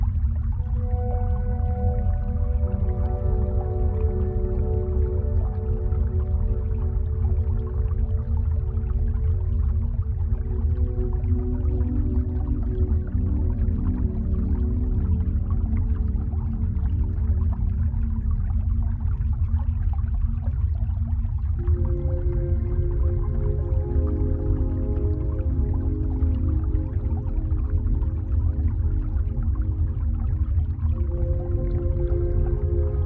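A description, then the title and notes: A deep, steady underwater rumble fills the whole stretch, heavy in the low end and unchanging in loudness. Above it, long droning tones hold and slowly shift pitch, stepping to new notes around ten and twenty-two seconds, like machinery humming through the hull. Underwater Ambiance. As you dive deeper beneath the waves in a submarine.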